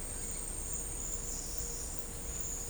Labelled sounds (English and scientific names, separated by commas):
none